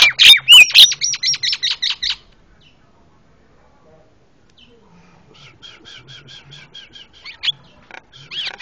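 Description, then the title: Javan myna calls: loud harsh chatter and squeaky whistles in a dense burst, a quiet pause, then softer rapid chattering returning with sharp squeals. Very noisy Javan myna calls, used for training cage birds by imitation (masteran). "Jalak Kebo Master Suara Super Berisik Buat Masteran"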